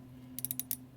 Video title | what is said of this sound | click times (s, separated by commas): MAYTAG 92 PT.2 BLUEPRINT/TOOLS | This has a little click adjuster that tells you that it's stopped moving. | 0.4 s, 0.5 s, 0.6 s, 0.7 s